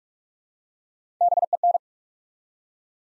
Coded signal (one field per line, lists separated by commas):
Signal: Morse code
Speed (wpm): 44 wpm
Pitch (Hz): 700 Hz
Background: none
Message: BEN